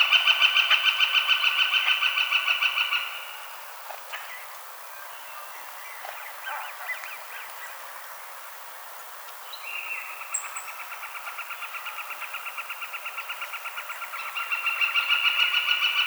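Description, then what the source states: Northern flicker call series: a rapid run of loud, even wik notes that stops, then after a quieter stretch resumes and builds again. Recorded 22 March 2007.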